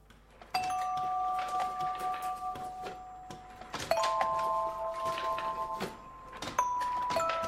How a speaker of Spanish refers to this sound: Y mirad, esta que estamos escuchando está hecha con canicas. ¿A qué no lo parece? Canicas.